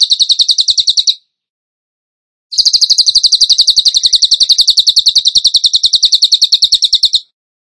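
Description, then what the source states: Bird producing a short run of shrill rapid notes, a pause, then a longer fast series of sharp repeated chips that stops cleanly. Masteran (training recording) song in the 'tembakan gacor' style, used to train other birds.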